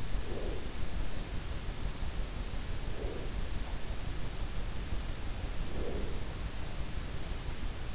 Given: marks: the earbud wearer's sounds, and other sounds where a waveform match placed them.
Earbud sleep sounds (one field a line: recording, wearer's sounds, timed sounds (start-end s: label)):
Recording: sounds in sleep by an in-ear microphone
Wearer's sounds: breath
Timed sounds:
0.00-0.93 s: breath
2.56-3.59 s: breath
5.29-6.65 s: breath